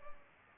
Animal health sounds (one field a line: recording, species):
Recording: mosquito wingbeat signal from an infrared sensor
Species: Culex pipiens